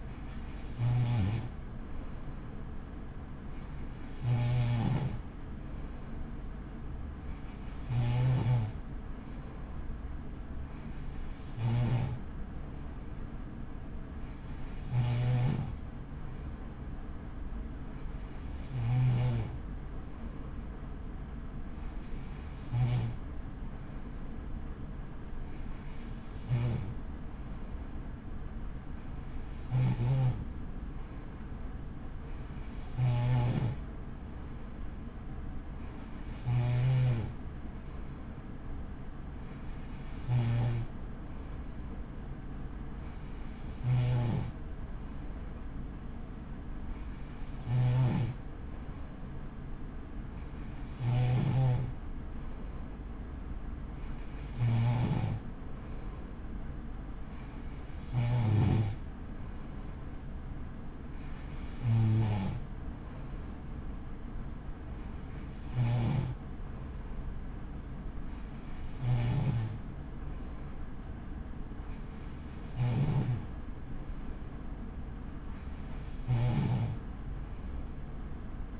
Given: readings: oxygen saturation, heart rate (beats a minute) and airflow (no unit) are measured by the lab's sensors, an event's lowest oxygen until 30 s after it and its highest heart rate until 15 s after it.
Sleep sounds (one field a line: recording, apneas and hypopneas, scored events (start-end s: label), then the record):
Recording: breathing in sleep by a smartphone at the bedside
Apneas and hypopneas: none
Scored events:
none scored
From the record:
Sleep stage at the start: N3 (deep sleep)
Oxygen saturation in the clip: 94%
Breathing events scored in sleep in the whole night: 83 in 6.1 hours asleep